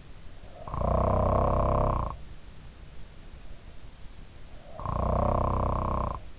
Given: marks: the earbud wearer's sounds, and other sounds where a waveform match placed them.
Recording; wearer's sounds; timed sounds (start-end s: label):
sounds in sleep by an in-ear microphone; snoring breath
0.52-2.38 s: snoring breath
4.64-6.26 s: snoring breath